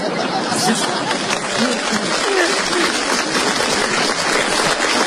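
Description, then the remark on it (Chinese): Steady audience applause fills the whole stretch, a dense, even patter of many hands clapping at a constant loudness, with faint crowd murmur underneath. “哎呀，朋友的掌声我明白了、都理解了，侯老师是艺术的大师啊。”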